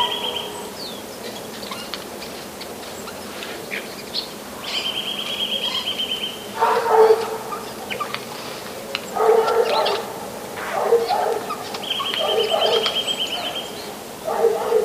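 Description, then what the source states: Eurasian nuthatch trill: two fast, even runs of high piping notes, each lasting over a second, with lower, harmonic whining sounds heard in between. In frost.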